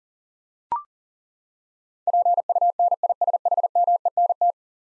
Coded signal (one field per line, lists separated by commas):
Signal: Morse code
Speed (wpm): 40 wpm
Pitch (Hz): 700 Hz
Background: none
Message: PUNISHMENT